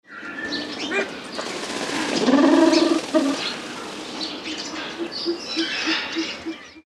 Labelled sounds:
Silver Pheasant (Lophura nycthemera)
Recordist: Tembrock, Günter
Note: Balz

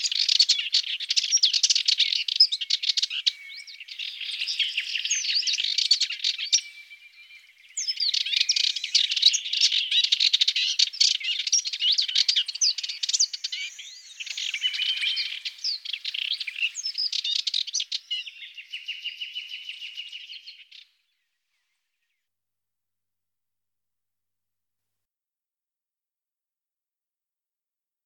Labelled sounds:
Subalpine Warbler (Sylvia cantillans) song
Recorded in the wild
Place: St. Laurent des Arbres und Umgebung, FR
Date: 1997-04-26
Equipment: Dat-Recorder Casio DA 7, Telinga DAT, Telinga-Parabolspiegel
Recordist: Schwarz, Dieter

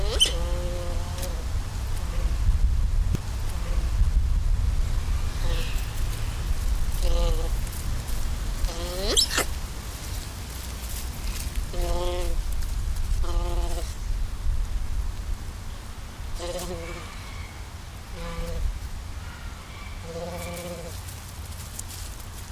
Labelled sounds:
Giant Otter (Pteronura brasiliensis) call
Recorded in captivity
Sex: male
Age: adult
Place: Tierpark Carl Hagenbeck, Hamburg, DE
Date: 1998-10-31 12:10
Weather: overcast, intermittent rain, 8°C, wind
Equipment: Sony MD-WM MZ-R3, Sennheiser MKH 416 T, Kopie Uher 4000 Report Monitor
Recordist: Tembrock, Günter

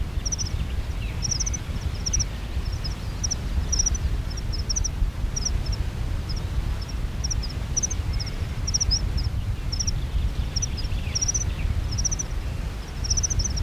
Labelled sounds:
Meadow Pipit (Anthus pratensis) call
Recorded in the wild
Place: DE
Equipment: Halbspur, 9,5 cm/s
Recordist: Lütgens, Hans
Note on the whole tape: Mecklenburg-Solling(?)

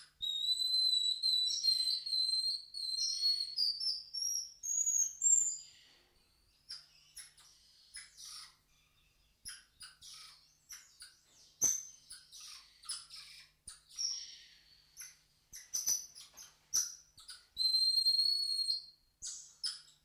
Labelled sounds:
Golden Lion Tamarin (Leontopithecus rosalia) call
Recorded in captivity
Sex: male
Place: Zoo Magdeburg, Sachsen-Anhalt, DE
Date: 1989-05-12 12:22
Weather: bedeckt, z.T. Regen, 12°C
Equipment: Sony WM-D6C, Kopie 19 cm
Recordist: Tembrock, Günter
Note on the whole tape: Einzelnes Männchen: diverse Laute

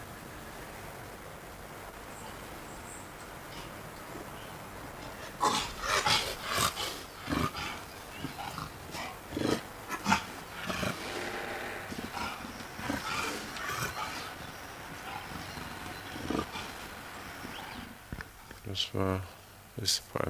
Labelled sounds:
Leopard (Panthera pardus) contact call
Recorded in captivity
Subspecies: japonensis
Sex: female
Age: adult
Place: Zoo Rostock, Mecklenburg-Vorpommern, DE
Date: 1984-02-02 12:00
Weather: overcast, 2°C
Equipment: Nagra SN, Kopie Uher 4000 Report Monitor
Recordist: Tembrock, Günter

